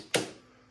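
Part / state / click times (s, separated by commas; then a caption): torque wrench on a motorcycle bolt / torque reached / 0.1 s. A click-type torque wrench tightens a bolt on a YZ250 dirt bike and gives a single sharp click at 0.15 s that rings off briefly. The click confirms the bolt has reached the wrench's torque setting.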